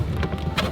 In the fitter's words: There we go, and it pops out.